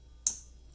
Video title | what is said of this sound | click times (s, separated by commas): VW P0555 Brake Booster Pressure Sensor Circuit: How to Fix It! | press it on till you hear that click once it's click it means it's pushing it all the way | 0.3 s